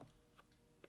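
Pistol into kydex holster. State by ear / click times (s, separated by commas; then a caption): not seated / none. A pistol is handled at a molded kydex holster before being pushed in, with two faint short ticks near 0.4 s and 0.8 s over a quiet background. Nothing has seated or clicked yet; the pistol is not yet locked into the holster.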